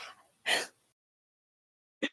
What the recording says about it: How you just coughed in the mic without muting. No, that was like a joke because, like, I actually said her name. We only heard the cough.